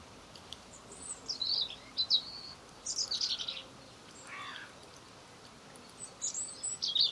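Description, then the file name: European robin delivering brief high warbled phrases with quick downward slides, a lower soft note in the middle, and pauses between bursts. "Erithacus rubecula"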